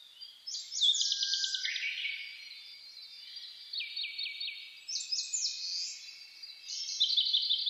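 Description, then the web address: Birds in chorus, loud rapid rattling trills repeated in bursts, layered over continuous thin high-pitched song from others. Dawn chorus (reimei) recorded 10 May 2010. "reimei -saezuri-20100510"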